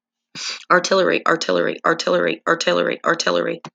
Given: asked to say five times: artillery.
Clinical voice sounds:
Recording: repeated word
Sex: female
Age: 40 to 49 years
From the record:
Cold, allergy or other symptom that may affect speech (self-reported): no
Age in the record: 44 years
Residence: Pennsylvania, United States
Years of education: 15

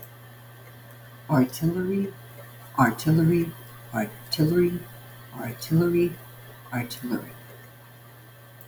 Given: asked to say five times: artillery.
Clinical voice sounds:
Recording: repeated word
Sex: female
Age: 50 to 59 years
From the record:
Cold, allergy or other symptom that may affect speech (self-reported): no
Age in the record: 57 years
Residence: Arizona, United States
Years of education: 15

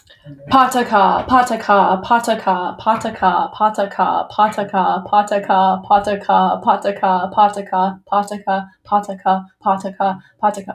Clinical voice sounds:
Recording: repeated syllables /pa ta ka/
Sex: female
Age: 20 to 29 years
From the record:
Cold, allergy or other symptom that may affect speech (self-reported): no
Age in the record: 20 years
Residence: United States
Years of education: 14

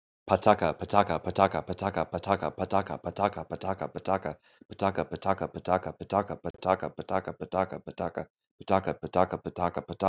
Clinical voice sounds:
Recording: repeated syllables /pa ta ka/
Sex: male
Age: 30 to 39 years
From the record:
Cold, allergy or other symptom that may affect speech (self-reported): no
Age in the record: 34 years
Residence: United States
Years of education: 17

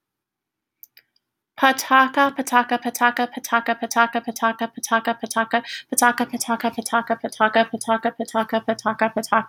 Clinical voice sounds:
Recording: repeated syllables /pa ta ka/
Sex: female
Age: 20 to 29 years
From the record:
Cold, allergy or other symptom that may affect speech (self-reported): no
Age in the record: 28 years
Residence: West Virginia, United States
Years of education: 16

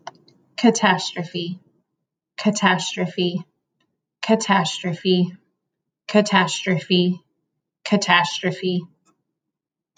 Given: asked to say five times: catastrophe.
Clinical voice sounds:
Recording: repeated word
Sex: female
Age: 20 to 29 years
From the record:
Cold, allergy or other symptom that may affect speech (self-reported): no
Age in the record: 28 years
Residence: Pennsylvania, United States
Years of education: 16

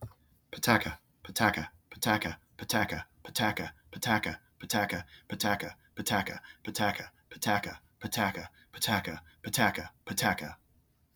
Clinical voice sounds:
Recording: repeated syllables /pa ta ka/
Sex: male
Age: 30 to 39 years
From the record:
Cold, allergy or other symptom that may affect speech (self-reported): no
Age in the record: 38 years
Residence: Georgia, United States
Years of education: 24

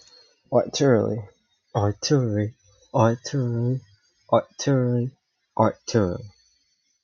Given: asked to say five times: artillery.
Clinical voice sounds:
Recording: repeated word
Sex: male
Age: 20 to 29 years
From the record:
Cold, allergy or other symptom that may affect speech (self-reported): no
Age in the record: 23 years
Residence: New York, United States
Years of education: 16

